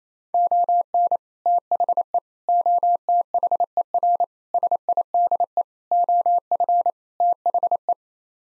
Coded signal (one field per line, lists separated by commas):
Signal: Morse code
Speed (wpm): 27 wpm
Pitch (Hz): 700 Hz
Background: none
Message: ON THE OTHER SIDE OF THE